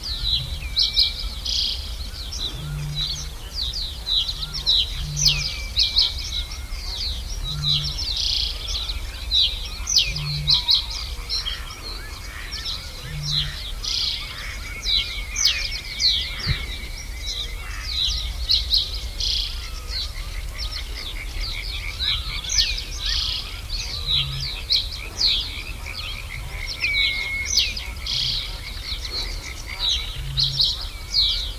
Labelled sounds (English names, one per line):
Reed Bunting